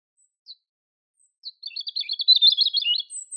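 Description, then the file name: European robin delivering a rapid, high, tinkling run of notes after a few isolated soft chips, ending with a thin high whistle. "Erithacus rubecula"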